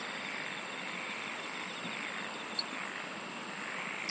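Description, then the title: Insects singing: a steady high-pitched chorus with faint rapid pulsed trills over a constant hiss, and two brief clicks. "SINGING OF INSECTS"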